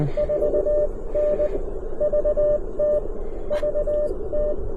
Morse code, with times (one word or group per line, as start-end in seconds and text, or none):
0.2-1.5 4N
2.0-3.0 VT
3.5-4.5 VT